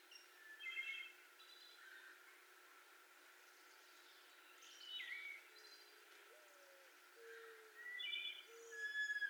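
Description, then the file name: Wood Thrush song, short fluted phrases at intervals, with low whistled notes of another bird underneath. 18 May 2021. "2021-05-18 Wood Thrush"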